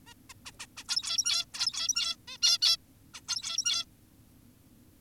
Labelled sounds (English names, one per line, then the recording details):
Zebra Finch
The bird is an adult
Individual g17y2U